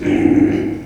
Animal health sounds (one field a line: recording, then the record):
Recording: squeal of a Yucatan mini pig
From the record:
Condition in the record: before surgery on the right vocal fold (resection and tissue-engineered implant)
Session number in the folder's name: 3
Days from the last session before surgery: 0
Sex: female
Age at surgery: 19 weeks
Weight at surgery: 25 kg